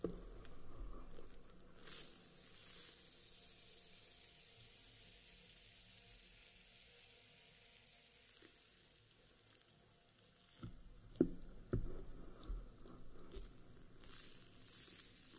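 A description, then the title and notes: A bath bomb fizzes in water with a steady, dense hiss, bright and sizzling, fading gradually over the first ten seconds. Near the eleventh second, sharper splashes and bubbling bursts break in, with scattered louder pops continuing to the end. Bath bomb.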